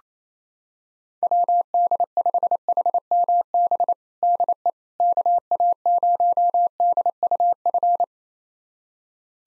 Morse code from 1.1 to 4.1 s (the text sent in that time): WD5HMB